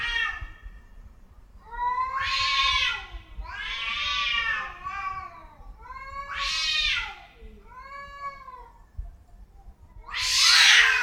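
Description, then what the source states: Domestic cats yowling, long wailing caterwauls that rise and fall, about five drawn-out cries over eleven seconds, the last harsh and loud. Cats in heat.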